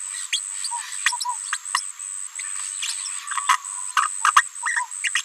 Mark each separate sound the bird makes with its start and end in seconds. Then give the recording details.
0.32-0.39, 0.64-0.68, 1.20-1.25, 3.49-3.56, 4.26-4.31, 4.36-4.42. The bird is a female. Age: 29 days. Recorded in a nest box in Venezuela. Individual 17B73B2